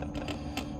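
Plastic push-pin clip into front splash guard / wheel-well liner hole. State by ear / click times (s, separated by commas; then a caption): seated / 0.6 s. A plastic push-pin retaining clip for the front splash guard on a 2018 Acura TLX is pushed hard into its hole in the wheel-well liner. Several short clicks and taps are heard, with the loudest, sharpest click at 0.6 s as the clip pins in. The clip is seated.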